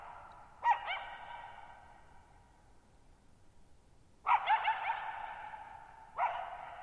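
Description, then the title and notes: Coyote giving a sharp bark, then a burst of yipping, wavering barks and another bark, each ringing out in long echoes through a quiet night. Lone coyote at night, July 14, 2019, Thirtymile Meadows, Okanogan National Forest (Okanogan High Country), Pacific Northwest, 6400 ft; tall mountains on a high, mostly dry plateau, shallow bowl-shaped meadows, boggy ground. "Lone Coyote at Thirtymile Meadows. I spent the night of July 14, 2019, camped near Thirtymile Meadows in the Okanogan National Forest at 6400 ft (1950 m)"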